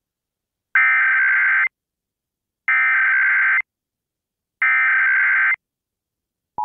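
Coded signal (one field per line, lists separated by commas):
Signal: Emergency Alert System (SAME) tones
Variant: header bursts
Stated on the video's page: National EAS test heard on WXBK-FM, Newark.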